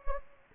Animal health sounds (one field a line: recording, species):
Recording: mosquito wingbeat signal from an infrared sensor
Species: Anopheles gambiae